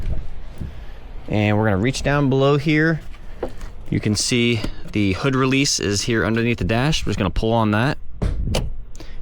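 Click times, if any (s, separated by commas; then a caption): 8.6 s. On a 2023–2026 Honda CR-V, someone talks while reaching under the dash to the interior hood release lever. They pull it, and the primary hood latch at the front of the car pops open with a sharp pop at 8.6 seconds, releasing the hood.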